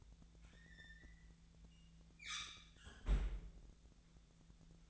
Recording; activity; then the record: daily activity, microphone in the room; close fridge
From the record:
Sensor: 3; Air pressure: 1009.6 hPa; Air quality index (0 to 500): 194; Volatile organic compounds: 15 ppm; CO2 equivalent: 2520 ppm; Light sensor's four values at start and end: 36/90/39/41 and 36/90/38/41